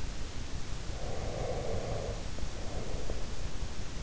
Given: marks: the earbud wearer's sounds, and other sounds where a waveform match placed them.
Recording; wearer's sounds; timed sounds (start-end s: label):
sounds in sleep by an in-ear microphone; breath
0.86-3.54 s: breath